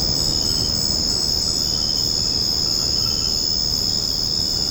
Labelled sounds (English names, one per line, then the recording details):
none
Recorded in secondary vegetation near Puerto Asís, Putumayo, Colombia, on 9 March 2025 at 22:00
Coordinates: 0.481, -76.318
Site G097